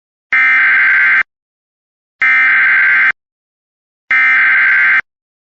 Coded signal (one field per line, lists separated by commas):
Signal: Emergency Alert System (SAME) tones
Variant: header bursts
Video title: EAS 131 - Central Sevier County FFW